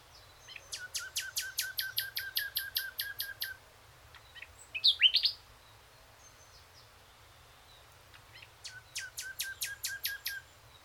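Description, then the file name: Common nightingale song with a long series of rapid, evenly repeated sharp notes, then a brief loud burst of slurred notes, then another repeated series. "Luscinia megarhynchos"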